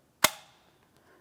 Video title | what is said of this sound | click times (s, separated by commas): How to Replace Front Power Window Switch 2007-2014 Ford Edge | After an audible click from all 4 of the locking tab areas, | 0.2 s